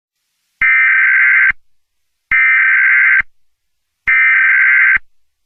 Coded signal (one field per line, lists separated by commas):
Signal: Emergency Alert System (SAME) tones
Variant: header bursts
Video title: EAS Scenario #12 | The Springtrap Killer | A FNAF Scenario